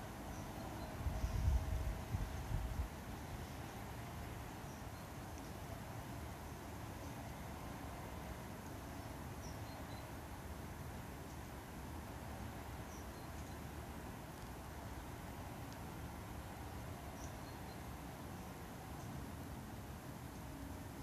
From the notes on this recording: City sounds and all around recording from my garden.